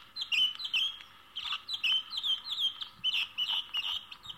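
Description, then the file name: Bird singing, bright chirping phrases of quick upslurred and downslurred high notes repeated in rapid bursts, with no other clear sounds. "uccelli birds"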